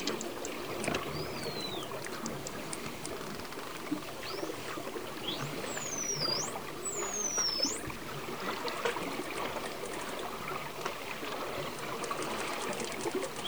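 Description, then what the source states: Dolphin whistles, a few clear sweeping tones that dip then rise, with scattered clicks over a steady underwater hiss. Underwater recording of dolphin communication.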